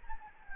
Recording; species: mosquito wingbeat signal from an infrared sensor; Anopheles gambiae